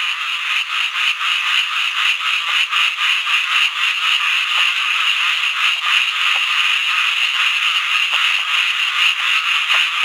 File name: Microhyla butleri